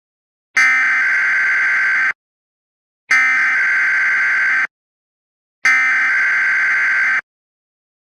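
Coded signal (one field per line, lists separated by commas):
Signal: Emergency Alert System (SAME) tones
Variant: header bursts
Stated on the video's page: Mock alert for a fictional winter storm, said to contain valid alert tones.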